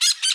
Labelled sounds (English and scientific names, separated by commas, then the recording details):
Brown-throated Parakeet (Eupsittula pertinax) contact call
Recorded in Bonaire
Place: 1 km E of roosting area just N of Seru Largu
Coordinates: 12.199, -68.268